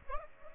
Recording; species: mosquito wingbeat signal from an infrared sensor; Aedes aegypti